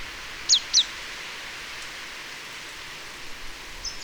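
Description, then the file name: Marsh tit calls: two sharp, high descending notes in quick succession, then a faint note near the end, over steady rain-like hiss. "Poecile palustris"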